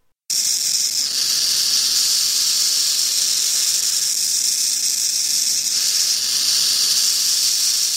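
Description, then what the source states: Burrowing owl defensive hissing, a steady loud hiss that stays continuous for about eight seconds with slight surges, resembling a rattlesnake's rattle. Americas; nests in ground squirrel burrows; when threatened, retreats into the burrow and makes rattling and hissing noises like a rattlesnake, suggested as acoustic Batesian mimicry.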